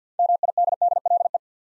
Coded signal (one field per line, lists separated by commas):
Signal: Morse code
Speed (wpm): 52 wpm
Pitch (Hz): 700 Hz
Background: none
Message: MIDDLE